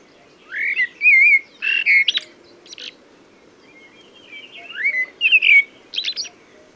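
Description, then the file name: Common blackbird singing two short phrases, each opening with a rising fluty whistle and ending in thin, scratchy high notes, with a pause of about two seconds between them. "Turdus merula"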